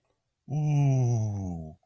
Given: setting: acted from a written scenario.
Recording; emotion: vocal sound without words; positive surprise